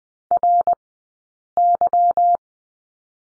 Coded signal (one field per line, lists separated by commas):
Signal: Morse code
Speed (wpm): 20 wpm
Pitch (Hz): 700 Hz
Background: none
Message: RY